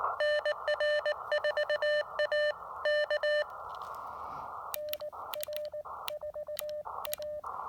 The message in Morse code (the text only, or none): NR4A K NR4A